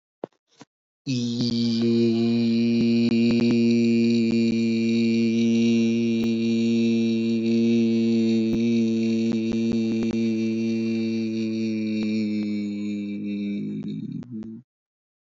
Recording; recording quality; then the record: sustained vowel as in beet; excellent, no background noise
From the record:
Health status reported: healthy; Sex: male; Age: 29 years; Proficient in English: yes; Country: India